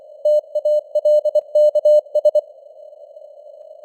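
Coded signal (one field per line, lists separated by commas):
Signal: Morse code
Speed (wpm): 24 wpm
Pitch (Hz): 600 Hz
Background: none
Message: TALKS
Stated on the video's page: News headlines in Morse at 24 wpm with simulated radio noise and QSB fading.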